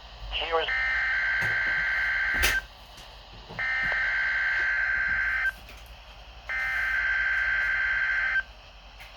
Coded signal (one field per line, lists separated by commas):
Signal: Emergency Alert System (SAME) tones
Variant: header bursts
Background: speech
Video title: Required Weekly Test (3/23/22)(EAS #886)